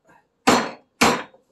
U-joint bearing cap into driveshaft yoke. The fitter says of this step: locking pin not all the way in yet